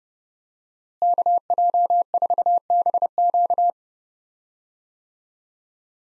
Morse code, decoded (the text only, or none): KJ4BQ